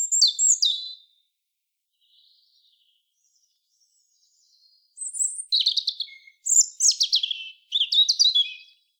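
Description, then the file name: European robin singing short varied phrases of sharp, high, tinkling notes and thin whistles, with a long pause after the first phrase. "Erithacus rubecula"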